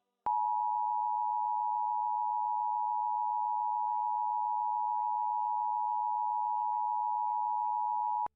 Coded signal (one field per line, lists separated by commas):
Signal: Emergency Alert System (SAME) tones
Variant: 853 and 960 Hz attention tone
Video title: 8/11/21 National Emergency Alert System Test (WFAN 660 and WNBC 4)